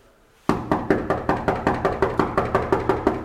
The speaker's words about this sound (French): Et si vous frappiez à la porte par hasard ?